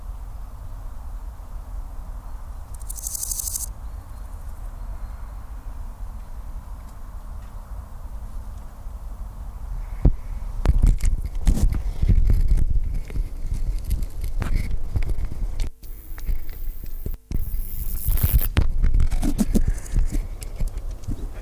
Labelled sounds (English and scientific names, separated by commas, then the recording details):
Large Gold Grasshopper (Chrysochraon dispar) stridulation
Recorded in the wild
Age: imago
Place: Ferch, Schwielowsee, Brandenburg, DE
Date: 1997-09-05 11:55
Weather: 24°C, heiter
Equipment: Sony MD-WM MZ-R3, Sennheiser ME 80, K 30 AV, Kopie Uher 4000 Report Monitor
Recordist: Tembrock, Günter